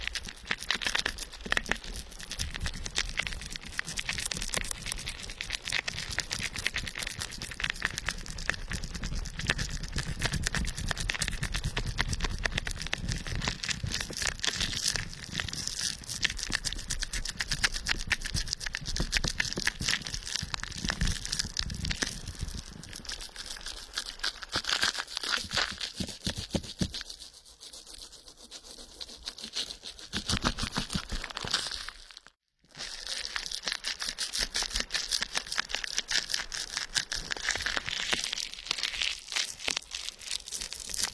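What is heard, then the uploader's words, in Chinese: Dense crackling and squishing of foam being worked by hand, like a lathered massage, with constant fine popping and rubbing. The texture stays busy and bright throughout, easing off slightly around 27 to 30 seconds and cutting out briefly near 32 seconds. 泡沫“马杀鸡” 给你的小耳朵泡澡澡。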